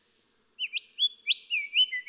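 Golden whistler song, a quick sequence of rich whistled notes with upward-flicked ends, rising in loudness over two seconds.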